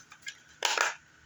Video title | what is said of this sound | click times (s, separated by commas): Star Wars Vintage collection The Mandalorian N-1 Starfighter unboxing | there you go snaps into place | 0.6 s